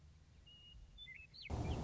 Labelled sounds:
Western Meadowlark (Sturnella neglecta)

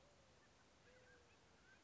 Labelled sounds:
Mountain Quail (Oreortyx pictus)

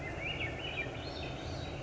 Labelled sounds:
Swainson's Thrush (Catharus ustulatus)

